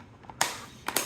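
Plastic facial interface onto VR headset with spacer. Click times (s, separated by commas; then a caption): 0.4 s, 1.0 s. A plastic facial interface with a spacer, lined up to the cutouts, is slowly squashed onto a Meta Quest 3S VR headset held in one hand. Faint contact ticks are followed by a sharp click at 0.4 s and another pair of clicks around 0.9–1.0 s, with a loud one at 1.0 s. The interface is seated on the headset.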